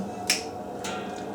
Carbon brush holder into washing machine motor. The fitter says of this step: you see that click guys we're in ah